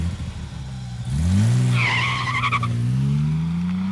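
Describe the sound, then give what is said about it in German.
A car pulls away from a parking lot on Free Street, its engine revving with pitch climbing steadily, while tires let out a sharp, wavering squeal for about a second in the middle. “Es war eine Abwechslung, mal einen Wagen mit der Erlaubnis des Besitzers zu fahren.”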